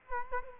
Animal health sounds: mosquito wingbeat signal from an infrared sensor; Culex quinquefasciatus

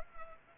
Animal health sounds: mosquito wingbeat signal from an infrared sensor; Culex pipiens

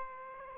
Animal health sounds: mosquito wingbeat signal from an infrared sensor; Aedes aegypti

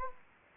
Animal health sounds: mosquito wingbeat signal from an infrared sensor; Anopheles gambiae

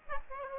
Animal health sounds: mosquito wingbeat signal from an infrared sensor; Aedes aegypti

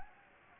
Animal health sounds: mosquito wingbeat signal from an infrared sensor; Anopheles gambiae

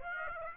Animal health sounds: mosquito wingbeat signal from an infrared sensor; Aedes aegypti

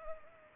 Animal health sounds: mosquito wingbeat signal from an infrared sensor; Culex pipiens

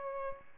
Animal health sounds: mosquito wingbeat signal from an infrared sensor; Aedes albopictus

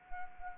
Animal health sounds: mosquito wingbeat signal from an infrared sensor; Anopheles arabiensis

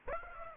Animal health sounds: mosquito wingbeat signal from an infrared sensor; Aedes aegypti

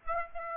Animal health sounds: mosquito wingbeat signal from an infrared sensor; Aedes aegypti

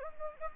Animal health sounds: mosquito wingbeat signal from an infrared sensor; Anopheles gambiae

